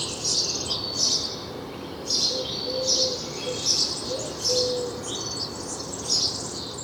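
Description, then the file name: House sparrow chirping repeatedly, roughly one bright note per second, over steady background noise. "Passer domesticus"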